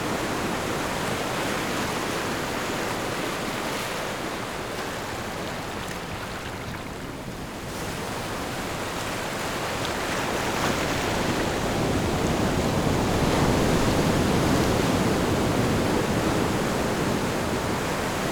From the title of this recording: Small Sleepy Waves Ambient Noise